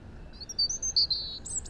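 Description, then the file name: European robin song fragment: a few high thin whistled notes, then a brighter sustained note and a short flourish. "Erithacus rubecula"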